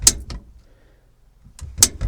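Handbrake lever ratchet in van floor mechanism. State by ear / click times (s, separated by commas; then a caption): seated / 0.1 s, 1.8 s. The handbrake lever of a 2004 Renault Master II 2.5 litre dCi100 van is pulled up through its floor mechanism after a long free travel, and the metal ratchet pawl clicks into its notches. Two sharp, bright clicks land at 0.1 s and 1.8 s, each followed by fainter ticks and rattles, with near silence between. The handbrake is set on the second notch, two clicks.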